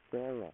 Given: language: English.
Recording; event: throat vibration sensor signal played as sound; speech